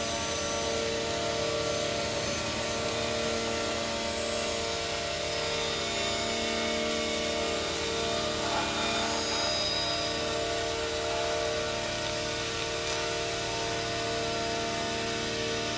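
Electromagnetic signals from a Piccadilly Line tube train form a steady, dense electrical hum layered with many fixed whining tones, from a deep buzz up to thin high whistles. The level barely changes, with faint crackling flickers around the middle.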